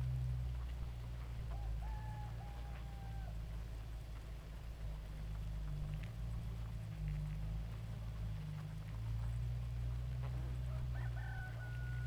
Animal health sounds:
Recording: honeybee colony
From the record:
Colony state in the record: active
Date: 28 July 2017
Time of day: 2:39

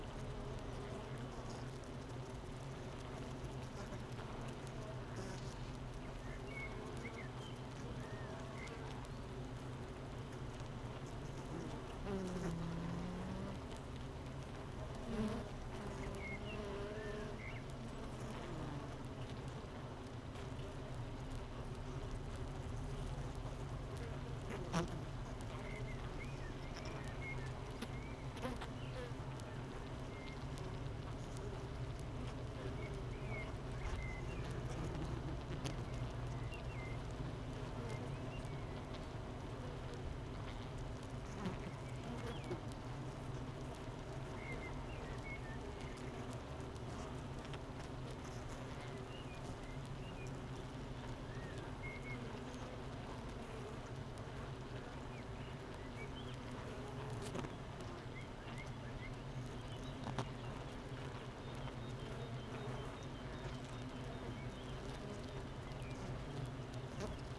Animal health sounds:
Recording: honeybee colony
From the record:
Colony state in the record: missing queen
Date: 31 May 2018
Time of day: 8:30

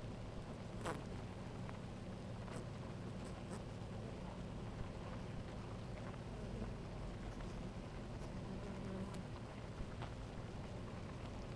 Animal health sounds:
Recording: honeybee colony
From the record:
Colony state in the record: active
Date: 28 July 2017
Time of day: 11:40

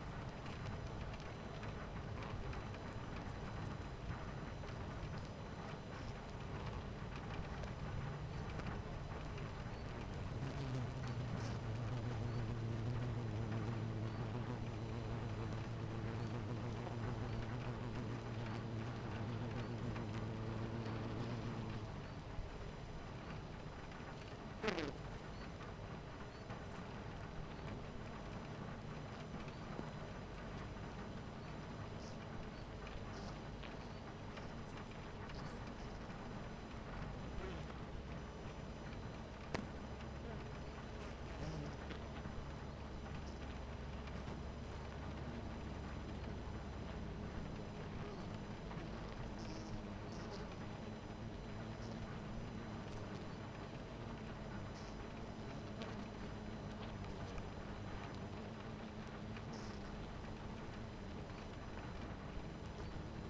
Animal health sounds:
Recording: honeybee colony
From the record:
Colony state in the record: missing queen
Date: 14 July 2017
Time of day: 11:51

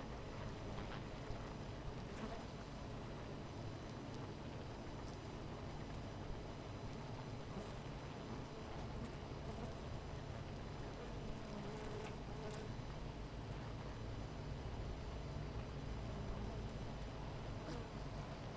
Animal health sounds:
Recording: honeybee colony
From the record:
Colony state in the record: missing queen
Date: 14 July 2017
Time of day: 10:07

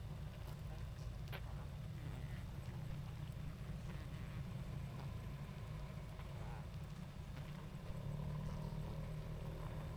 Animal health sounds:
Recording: honeybee colony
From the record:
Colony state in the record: active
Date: 28 July 2017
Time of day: 20:37

